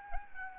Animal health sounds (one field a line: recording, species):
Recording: mosquito wingbeat signal from an infrared sensor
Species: Aedes albopictus